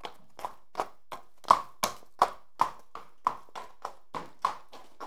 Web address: horse walking